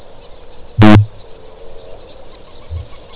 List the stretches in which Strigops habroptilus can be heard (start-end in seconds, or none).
0.57-1.27, 2.57-3.09